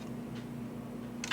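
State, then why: Seated. A small coax antenna pigtail connector is pushed onto the antenna connector of a radio module board inside a plastic enclosure. Over a low steady hum, a short sharp tick is heard at 1.2 s. The connector snaps on and seats.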